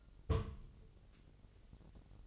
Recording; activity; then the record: daily activity, microphone in the room; place on stove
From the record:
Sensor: 4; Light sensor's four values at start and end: 9/20/8/8 and 9/20/8/8